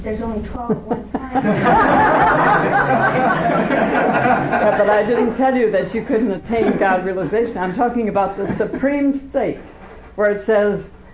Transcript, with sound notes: If there’s only 12 at one time… [laughter]
Yes. But I didn’t tell you that you couldn’t attain God‑realization. I’m talking about the “Supreme State,” where it says: